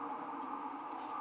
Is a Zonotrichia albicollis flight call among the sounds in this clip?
no